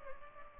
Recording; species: mosquito wingbeat signal from an infrared sensor; Culex pipiens